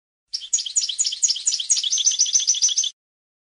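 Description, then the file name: European goldfinch song: a steady stream of quick, tinkling, high twittering notes for about two and a half seconds, then silence; background otherwise clean. "audio burung goldfinch"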